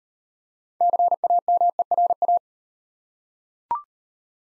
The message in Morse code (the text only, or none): CAMERA